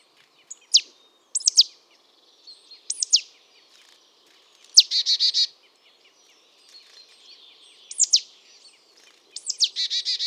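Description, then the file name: Marsh tit calls: sharp high descending notes and buzzy, rapidly repeated chattering phrases, given in bursts every few seconds against a quiet background. "Poecile palustris"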